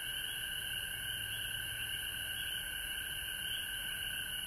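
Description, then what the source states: Frogs calling as one steady chorus, a bright high trill over a clear lower tone, constant from start to finish. Recorded at home in Georgia on March 19, 2020.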